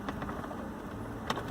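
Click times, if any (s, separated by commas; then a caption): none. Someone presses the metal back cover onto a small analog car watch after changing its coin battery, over a steady low hum with brief sharp ticks near 0.1 s and 1.3 s. The case back does not click shut, and nothing has seated or clicked yet.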